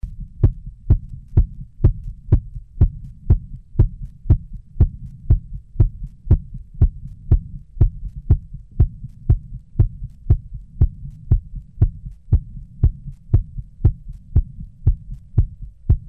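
An adult heartbeat after 20 minutes, fast and fairly regular at about 120 beats per minute, each beat a low thump over a steady low-frequency hum.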